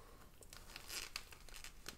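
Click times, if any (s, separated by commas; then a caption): none. A plastic snake-head accessory is pressed onto a peg on an action figure's long neck, producing small plastic taps and crinkly handling noise, with sharp ticks around 0.5, 0.8, 1.2, 1.6 and 1.9 seconds. The head only rests on the peg and will not snap into place, so nothing has seated or clicked yet.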